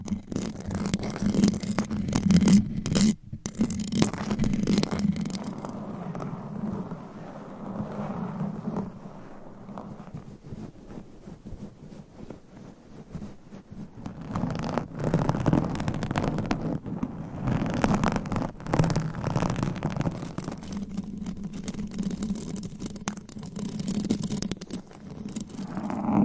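Claws scratch and rub across a microphone in a steady, dense rasping with a low rumbling body underneath. Bursts of sharper, brighter scraping come around the start, near three seconds, and again from fifteen to twenty seconds, with a quieter, thinner stretch between.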